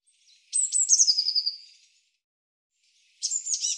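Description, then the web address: Eurasian blue tit call: a high sharp note dropping into a scolding, buzzy trill that fades out, then a second buzzy call begins after a pause. "cianscape birddata Deverinetal 2025 File cleaned normalized Bird Cy Ca"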